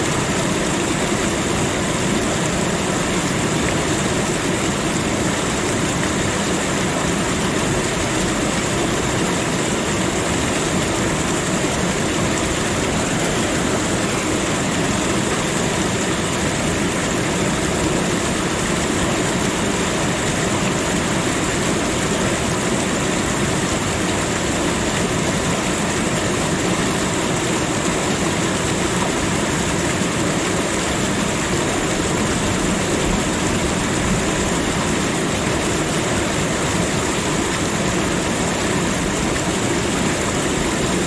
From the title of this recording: Waterfall Sounds